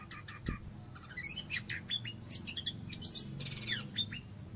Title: Anis Merah